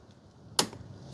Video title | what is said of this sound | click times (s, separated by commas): Upper & Lower Radiator Hoses Audi A4 1.8T Quattro (B6) | hear that click, and then we can disconnect. | 0.6 s